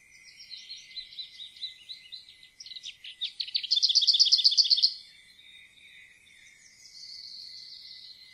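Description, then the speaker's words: Lesser Whitethroat song: a soft, scratchy warble that builds into a fast, dry, clattering rattle of even notes, then a faint high hiss trailing after. Song ends in a clattering, rattling phrase likened to a mill's clatter, origin of the Norwegian name møller ('miller'). "Møllerens klaprende sangavslutning har gitt opphav til dens navn."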